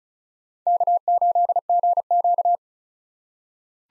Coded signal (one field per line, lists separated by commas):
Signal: Morse code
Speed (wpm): 36 wpm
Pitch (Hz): 700 Hz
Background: none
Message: K8GQ